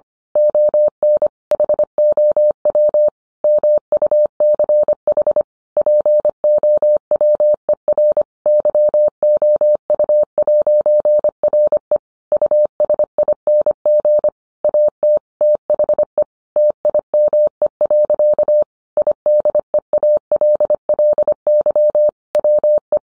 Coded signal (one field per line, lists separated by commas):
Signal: Morse code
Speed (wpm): 25 wpm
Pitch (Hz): 600 Hz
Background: none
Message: ON HOW MUCH POWER YOU'RE USING AT THE TIME. IDEALLY WE